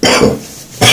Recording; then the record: coughing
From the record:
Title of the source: Spring Cold Coughing 3